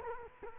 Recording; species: mosquito wingbeat signal from an infrared sensor; Culex quinquefasciatus